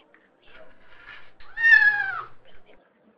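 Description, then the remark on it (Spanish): A single drawn-out cat meow, bright and harmonic with a slight rising then falling pitch, rises out of soft rustling background noise and fades after about a second. “Llegó el gato acompañado de toda su familia”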